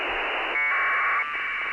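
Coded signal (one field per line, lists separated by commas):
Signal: packet radio (AX.25, as in APRS)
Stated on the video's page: APRS received on an SDRplay RSP SDR with SDRuno.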